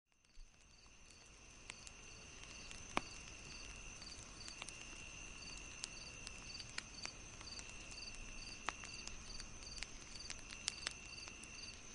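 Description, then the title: Cricket chirping in steady, rapidly repeated pulsed bursts, with sharp crackles and pops from a burning wood fire. Crickets chirping in the distance at night after sunset, beside a crackling wood fire. "Singing Crickets On A Cozy Night"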